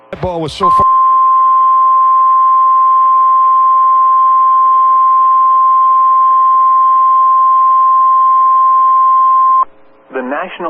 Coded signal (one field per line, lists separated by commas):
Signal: Emergency Alert System (SAME) tones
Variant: 1050 Hz attention tone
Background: speech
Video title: We Aren't Done Yet | EAS Alerts from 9/17/2022 (EAS #1414-1430)